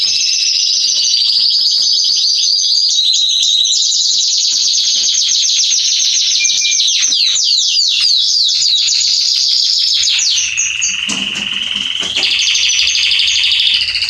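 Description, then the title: Belgian canary in continuous song of rapid high trills and sweeping notes, changing phrase every few seconds, with a lower passage near the end. Male Belgian canary singing a lot, to warm up and train young canaries. "Esquente Seu Filhote E Canario Belga Em 30 Minutos Macho Cantando Muito CANTO DO CANRIO"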